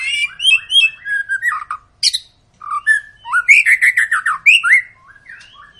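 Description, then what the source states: White-rumped shama song, a rich run of varied whistles, slurred notes and rapid repeated chirps, with short pauses between phrases. Long lure song (pancingan) of an energetically singing (gacor) shama, used to prompt other birds to sing.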